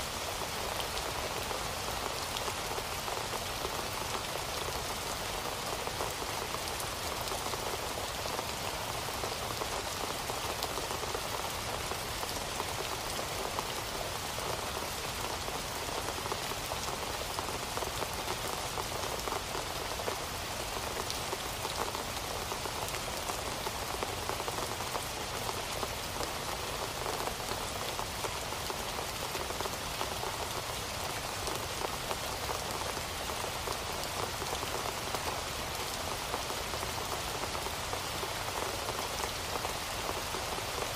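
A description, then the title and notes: Steady rainforest rain falls without pause for the whole clip, a dense, even hiss of countless drops striking leaves and ground. The sound is bright and close, with a softer low rumble underneath and no distinct events or changes in intensity. Rainforest Rain Sounds.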